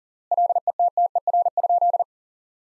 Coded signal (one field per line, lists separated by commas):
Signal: Morse code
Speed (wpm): 40 wpm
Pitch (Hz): 700 Hz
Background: none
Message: LETTER?